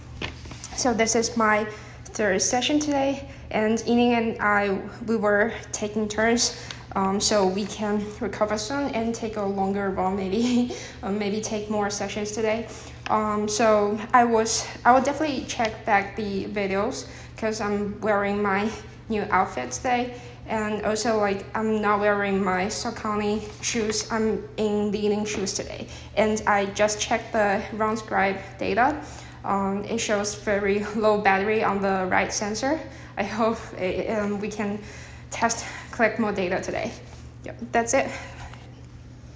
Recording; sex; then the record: free speech after running; female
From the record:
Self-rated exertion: light exertion (2 of 6); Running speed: 6 miles an hour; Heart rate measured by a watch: 114 beats a minute at the start, 120 at the end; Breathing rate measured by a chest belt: 15 breaths a minute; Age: 24 years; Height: 163 cm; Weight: 52 kg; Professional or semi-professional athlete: no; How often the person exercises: 1 to 2 times a week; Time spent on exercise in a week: under 1 hour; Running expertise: no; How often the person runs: 1 to 2 times a week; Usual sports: interval training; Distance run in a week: 5 km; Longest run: 3 km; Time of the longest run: 30 minutes